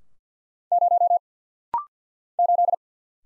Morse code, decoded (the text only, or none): 0 8